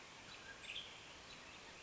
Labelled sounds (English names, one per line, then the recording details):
Western Tanager
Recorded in Sonoma County, California